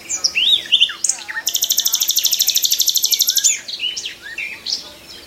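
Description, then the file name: Common nightingale song with varied chirps and slurred whistles, then a long, very rapid high rattling trill lasting about two seconds, followed by scattered softer notes. "Nachtegaal"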